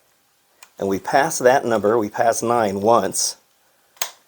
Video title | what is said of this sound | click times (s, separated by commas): Rokr Treasure Box Kit | Oh, actually I guess I only had to turn it to the 7, but you can hear it click right there, | 4.0 s